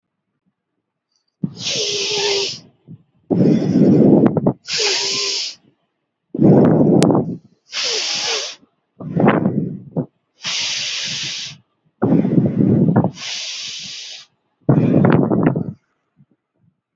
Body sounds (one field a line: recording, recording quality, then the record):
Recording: deep breathing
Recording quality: excellent, no background noise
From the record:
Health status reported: healthy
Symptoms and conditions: none ticked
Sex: male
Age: 20 years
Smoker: not ticked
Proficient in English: yes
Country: India